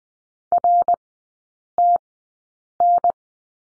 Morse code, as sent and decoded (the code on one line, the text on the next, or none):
.-. - -.
RTN